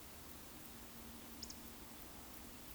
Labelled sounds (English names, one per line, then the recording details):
Eurasian Woodcock whistle
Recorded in Baden-Württemberg, Germany, on 9 May 2021 at 19:25 UTC
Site 23718, 552 m above sea level